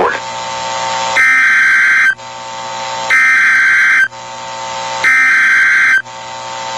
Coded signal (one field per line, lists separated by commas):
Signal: Emergency Alert System (SAME) tones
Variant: header bursts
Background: speech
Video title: Severe Thunderstorm Warning - 05/26/20 (EAS #2,056)